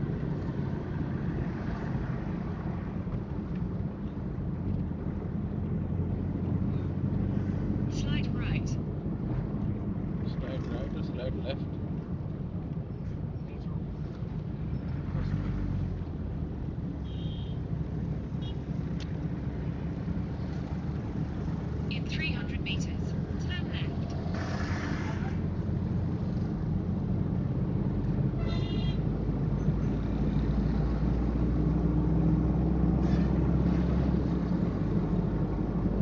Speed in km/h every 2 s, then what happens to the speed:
29, 27, 31, 32, 29, 21, 20, 22, 22, 25, 27, 29, 30, 34, 39, 42, 44, 47.
0-6 steady at about 29. 6-10 slows to 21. 13-36 speeds up to 47.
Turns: none.